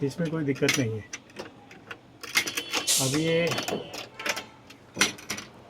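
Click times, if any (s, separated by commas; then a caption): 5.0 s. Someone talks while working the metal locking mechanism on a Chinese slide-in camper topper, with a few mechanical rattles and knocks before it. At 5.0 s a loud clunk is heard as the lock latches into its catch and seats shut, showing the mechanism works without any problem.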